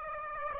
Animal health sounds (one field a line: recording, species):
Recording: mosquito wingbeat signal from an infrared sensor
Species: Aedes aegypti